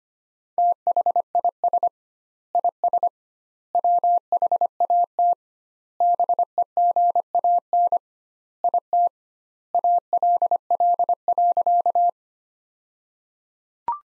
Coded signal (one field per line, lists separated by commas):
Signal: Morse code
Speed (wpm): 25 wpm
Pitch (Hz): 700 Hz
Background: none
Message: THIS IS WHAT BEGAN IT ALL.